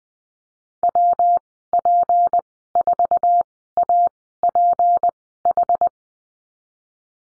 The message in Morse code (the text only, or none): WP4APH